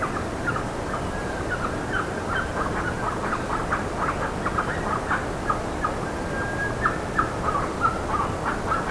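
Bird chattering, a steady stream of brief harsh calls above continuous background noise.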